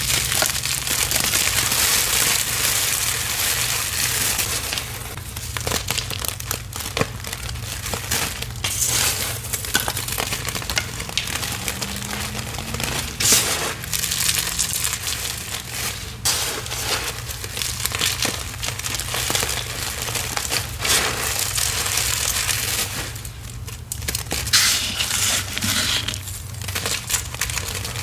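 Confetti rustles and crinkles continuously with dense crackling, sharp bursts around 6, 13 and 23 seconds, over a steady low hum.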